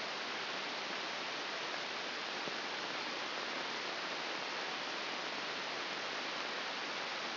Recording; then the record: brain microelectrode recording played as sound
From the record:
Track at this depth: inside the subthalamic nucleus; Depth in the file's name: 0.601 mm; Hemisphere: left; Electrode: 2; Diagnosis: Parkinson's disease